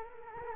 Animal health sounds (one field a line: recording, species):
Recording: mosquito wingbeat signal from an infrared sensor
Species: Culex quinquefasciatus